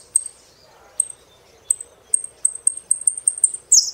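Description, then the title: Saffron finch giving high clipped notes that speed up into a quick run, ending with one louder down-slurred chirp. "Jilguero Argentino"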